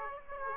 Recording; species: mosquito wingbeat signal from an infrared sensor; Aedes aegypti